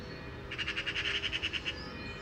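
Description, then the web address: Eurasian magpie's short dry rattling chatter, a quick series of rasping notes over a light background hiss. "SETE data Pica pica"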